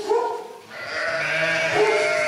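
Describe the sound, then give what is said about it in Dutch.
Around 40 to 50 sheep in a pen, sick with bluetongue, bleat over one another in a steady, overlapping chorus, with wavering, nasal cries of varied pitch filling the whole stretch without a break. “Hoeveel zijn dit? Hoeveel schapen? 40, 50 schapen.”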